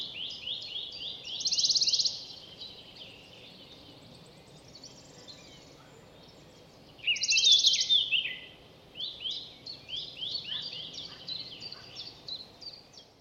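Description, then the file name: Eurasian nuthatch calling with series of quick descending piping notes broken by two loud, rapid rattling trills, with soft background hiss. "Sitta europaea"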